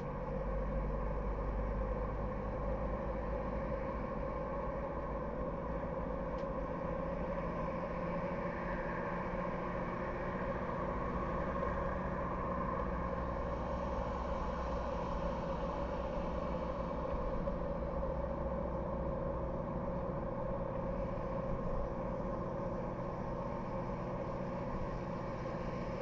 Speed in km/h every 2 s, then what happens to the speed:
51, 53, 53, 59, 61, 64, 65, 64, 60, 61, 63, 63, 63.
4-10 speeds up to 64. 10-26 steady at about 63.